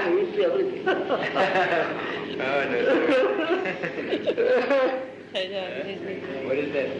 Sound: laughter

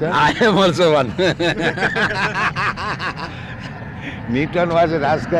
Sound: laughter

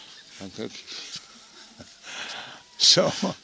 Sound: laugh

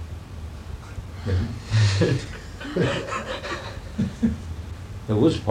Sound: laughter

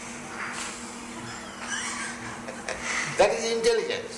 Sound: laughs

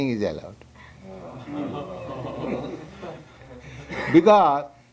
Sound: laughter

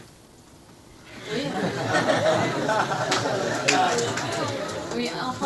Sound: laughter

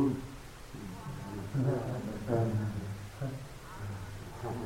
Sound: laughter

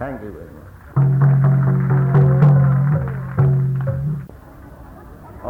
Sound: applause

